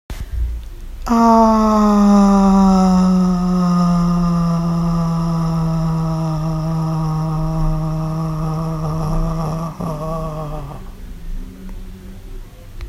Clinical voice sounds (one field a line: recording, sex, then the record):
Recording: sustained vowel /a/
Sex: female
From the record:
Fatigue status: fatigue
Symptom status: symptomatic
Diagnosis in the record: COVID-19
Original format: m4a